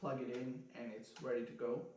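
A lens is being fitted onto the mount of a Canon EOS M50 mirrorless camera body, plugged in and about to be rotated, while someone talks throughout. The lens is handled but not yet home, and nothing has seated or clicked yet.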